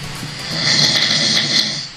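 A single snoring breath of about two seconds from an adult man with sleep apnea swells and fades, with a low rattling buzz under a loud hissing airflow. The soft tissue of the upper airway vibrates during sleep; a nose clip meant to open his nostrils has not helped much.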